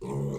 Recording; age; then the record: pig call; weaner (32 to 43 days)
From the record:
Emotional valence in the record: negative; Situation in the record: short isolation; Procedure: open field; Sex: female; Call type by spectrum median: low-frequency call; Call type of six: low-frequency stable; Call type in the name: low-frequency stable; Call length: 0.39 s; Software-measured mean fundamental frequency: 69 Hz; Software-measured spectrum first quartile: 151 Hz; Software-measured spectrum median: 265 Hz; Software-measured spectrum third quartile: 501 Hz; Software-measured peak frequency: 411 Hz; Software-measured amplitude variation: 74 dB a second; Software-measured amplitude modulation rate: 29.2 a second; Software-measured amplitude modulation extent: 2.5 dB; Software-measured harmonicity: 2.3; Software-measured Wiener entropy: -0.39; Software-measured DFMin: 824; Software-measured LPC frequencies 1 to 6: 354, 934, 2153, 2909, 3772, 5336 Hz